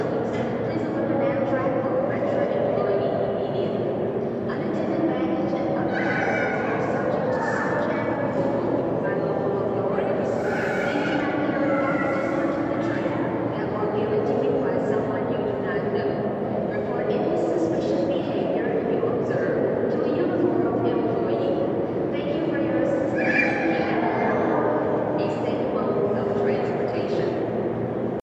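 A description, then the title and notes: Ambient sound in the main hall of Union Station in Chicago: a steady, dense murmur of many overlapping voices that never lets up. Brighter fragments of individual speech rise out of the crowd every few seconds, over a low, constant rumble. Ambient recording at Union Station. This was recorded in the main hall at Union Station in Chicago, Illinois.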